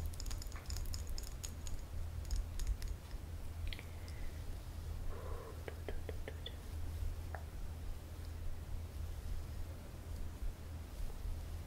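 Hair is combed and scratched, with quick bright crackling strokes clustered in the first three seconds. Scattered scrapes and soft rustles follow until about eight seconds, over a steady low rumble that continues throughout.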